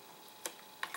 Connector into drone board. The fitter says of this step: there we go nice little click there I'll